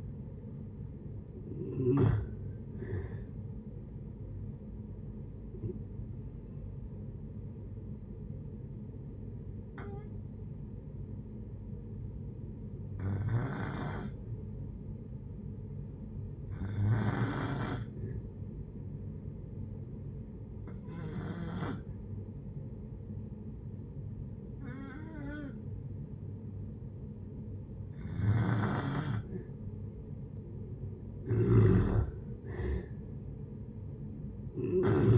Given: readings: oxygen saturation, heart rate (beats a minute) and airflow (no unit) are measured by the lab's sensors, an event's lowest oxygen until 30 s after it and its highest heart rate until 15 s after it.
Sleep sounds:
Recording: breathing in sleep by a smartphone at the bedside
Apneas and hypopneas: 1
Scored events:
6.00-31.00 s: hypopnea (N2, oxygen 96% highest, then 87% lowest, heart rate 71 at the start, 71 highest)
From the record:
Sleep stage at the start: N2 (light sleep)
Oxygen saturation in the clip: 87 to 96%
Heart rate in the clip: 58 to 81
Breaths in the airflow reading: 7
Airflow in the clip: -6.2 to 6.6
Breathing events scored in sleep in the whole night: 496 in 5.4 hours asleep

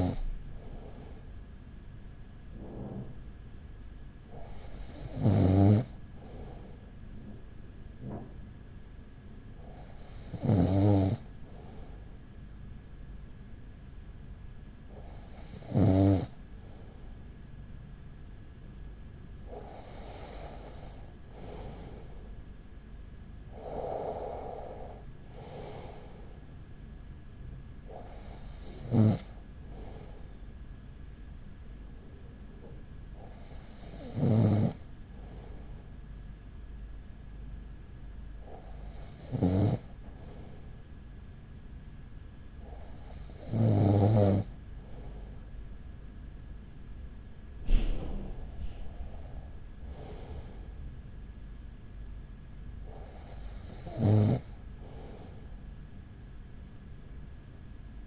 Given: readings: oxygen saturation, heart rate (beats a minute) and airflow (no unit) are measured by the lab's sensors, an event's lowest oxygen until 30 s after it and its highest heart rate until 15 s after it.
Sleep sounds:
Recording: breathing in sleep by a smartphone at the bedside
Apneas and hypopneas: none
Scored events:
29.00-58.07 s: new sleep stage, N1 (lightest sleep)
From the record:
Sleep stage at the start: N2 (light sleep)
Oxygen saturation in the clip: 95 to 96%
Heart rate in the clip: 38 to 47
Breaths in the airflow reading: 12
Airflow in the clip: -6.5 to 6.9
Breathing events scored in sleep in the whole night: 207 in 7.6 hours asleep

